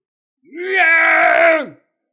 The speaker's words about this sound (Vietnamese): Nạc Lam Sơn phẫn nộ gầm một tiếng, vung mạnh tay lên, gạt chén rượu trên bàn trước mặt bay tung tóe.